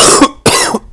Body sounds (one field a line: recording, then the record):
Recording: coughing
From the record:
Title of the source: Coughing 79